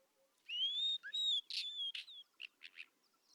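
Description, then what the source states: Isabelline Wheatear song: a long, clear, slightly rising whistle, then a brief mix of whistles and rasping notes, closing with a few short rasping notes. Recorded at Telmen Nuur, Mongolia.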